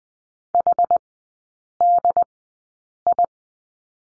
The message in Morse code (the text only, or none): HDI